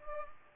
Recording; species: mosquito wingbeat signal from an infrared sensor; Culex pipiens